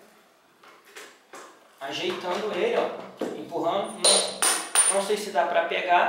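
A metal exhaust pipe on an XR 250 Tornado motorcycle is wiggled and pushed into position onto the engine header pipe, with faint metallic taps near 0.6 s and 1.3 s, then scraping and knocking while someone talks. The pipe is still being lined up and is not fully home; nothing has seated or clicked yet.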